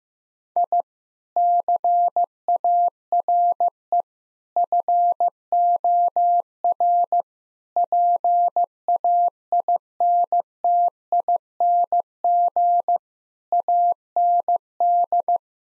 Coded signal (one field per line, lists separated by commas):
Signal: Morse code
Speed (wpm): 15 wpm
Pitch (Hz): 700 Hz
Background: none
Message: I CARE FOR PAINTING AND